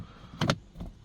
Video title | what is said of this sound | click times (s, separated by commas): How To Install Front And Rear Dash Cams. 2022-2024 KIA EV6. Full Installation. | it goes back in like that. See that? Snap right in. Beautiful. | 0.4 s, 0.5 s